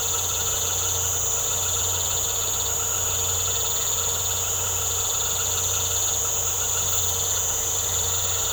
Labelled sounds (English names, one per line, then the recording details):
none
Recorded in secondary vegetation near Puerto Asís, Putumayo, Colombia, on 13 March 2025 at 19:00
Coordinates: 0.468, -76.324
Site G059